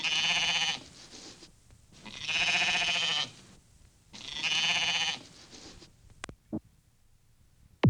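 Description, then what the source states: Sheep bleating: three long, harmonic, wavering bleats about two seconds apart, followed by a few sharp clicks and knocks near the end. Lambs and sheep together.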